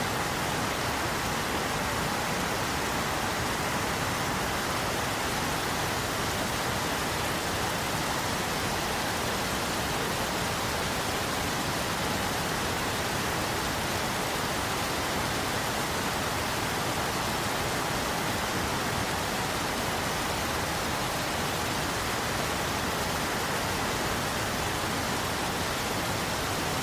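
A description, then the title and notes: Rain rendered as a dense, unbroken hiss, more a smooth wash of white noise than separate drops. The sound stays perfectly steady for the whole stretch, full from a low rumble up to a bright sizzle, with no pauses, swells or other sounds. Soothing Rain Sounds White Noise.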